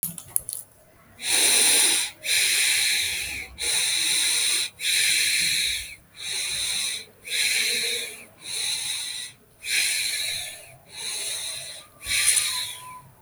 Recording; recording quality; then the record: shallow breathing; excellent, no background noise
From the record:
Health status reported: healthy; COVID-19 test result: not tested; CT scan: not taken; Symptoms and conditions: none ticked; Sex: male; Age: 21 years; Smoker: no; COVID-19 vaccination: both doses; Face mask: not worn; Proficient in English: yes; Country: India